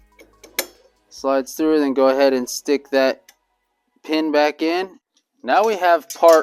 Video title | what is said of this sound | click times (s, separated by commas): Home Depot 12 Foot Witch Animatronic Unboxing/Set Up! | over top of the mechanism it's going to lock into place over here | 0.6 s